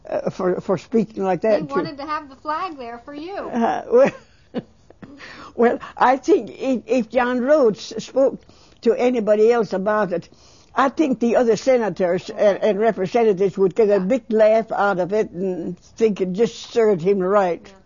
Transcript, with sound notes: for speaking like that to--
He wanted to have the flag there for you.
(She laughs.) Well, I think if John Rhodes spoke to anybody else about it, I think the other senators and representatives would get a big laugh out of it, and think it just serves him right.